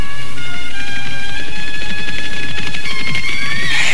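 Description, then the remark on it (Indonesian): Two horses trot from outside the city into the royal city, their hoofbeats falling in a quick, uneven clatter of sharp knocks, layered over a steady droning tone and growing busier toward the end. “Bersamaan dengan perginya Anting Wulan dari Indraprasta, dari arah luar kota raja, berderap dua ekor kuda memasuki kota raja.”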